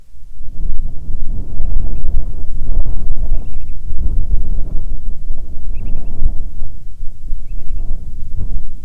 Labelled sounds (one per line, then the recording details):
bird
wind
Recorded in the Arctic National Wildlife Refuge, Alaska, on 9 July 2019 at 21:56
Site 48